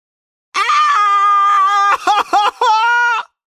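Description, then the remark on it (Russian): A loud, high-pitched yell from one voice after being stung on the cheek by a wasp, loud enough to make window glass ring, held steady for over a second, then breaking into several choppy, wavering cries before cutting off, with no other sound around it. “Заорал Жорж так громко, что в окнах зазвенели стекла, в шкафу зеркало, а у рыбок в аквариуме в ушах.”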